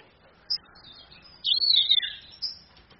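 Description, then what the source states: Orange-headed thrush delivering one brief note, then a flowing run of bright whistled and warbled notes that drop lower before a final high whistle. Female; used as a training recording for other birds.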